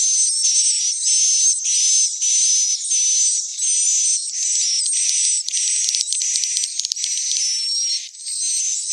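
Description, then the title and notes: Swiftlet chatter: high-pitched twittering phrases with a clear whistled tone, in repeated bursts. Swiftlet sound used for swiftlet farming in Asia. "Swiflet Bird Sound. Farming Swiflet Bird asia sound"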